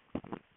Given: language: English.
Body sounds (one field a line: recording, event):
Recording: throat vibration sensor signal played as sound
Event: swallow